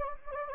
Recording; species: mosquito wingbeat signal from an infrared sensor; Anopheles gambiae